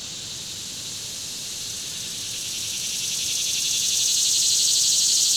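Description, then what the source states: Insect chorus as a steady high shimmering buzz that gradually rises in loudness throughout. Summer; swelling insect chorus; Ferne Cliff.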